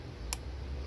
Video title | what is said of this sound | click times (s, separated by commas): How to: 2004-2008 TL PCV Valve replacement | you hear that little click alright | 0.3 s